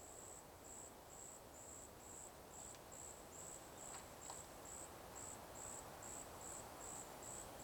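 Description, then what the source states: Cicada song of bright, rapid repeated pulses, two to three a second, with a few faint clicks and a steady rushing background. Cicadas in a forest during the daytime.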